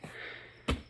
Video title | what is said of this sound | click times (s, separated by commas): How to Replace Convertible Top With Frame on 1994-2004 Ford Mustang | and then push down until you hear it click on both sides | 0.7 s